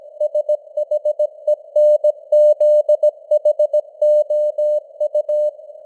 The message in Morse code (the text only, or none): SHENZHOU